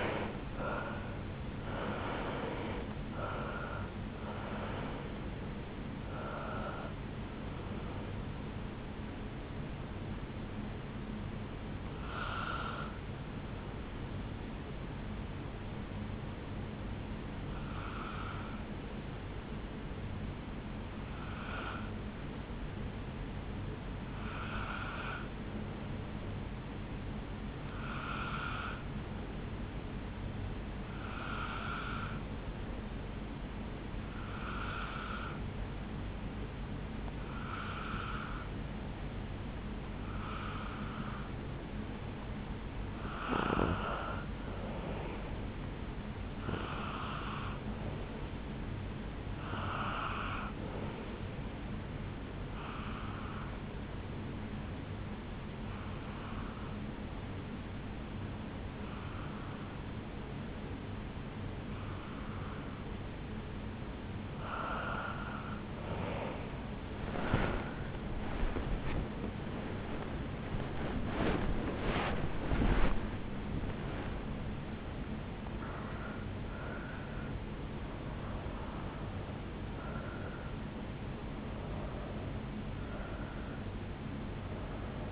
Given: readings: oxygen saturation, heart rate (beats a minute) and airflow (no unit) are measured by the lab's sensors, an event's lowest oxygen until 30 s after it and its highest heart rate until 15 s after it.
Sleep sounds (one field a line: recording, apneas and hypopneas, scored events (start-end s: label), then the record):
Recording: breathing in sleep by a voice recorder at the bedside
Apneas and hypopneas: 2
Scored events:
18.00-44.20 s: hypopnea (N1, oxygen 96% highest, then 90% lowest, heart rate 69 at the start, 76 highest)
54.00-70.00 s: hypopnea (N1, oxygen 94% highest, then 92% lowest, heart rate 74 at the start, 90 highest)
From the record:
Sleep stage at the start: N1 (lightest sleep)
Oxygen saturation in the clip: 70 to 96%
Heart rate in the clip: 66 to 90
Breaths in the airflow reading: 19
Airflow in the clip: -13.9 to 11.0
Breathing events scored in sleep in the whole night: 449 in 7.0 hours asleep